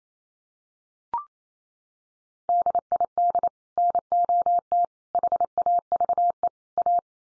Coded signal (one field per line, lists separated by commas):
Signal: Morse code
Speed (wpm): 28 wpm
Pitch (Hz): 700 Hz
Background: none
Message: DID NOT HAVE A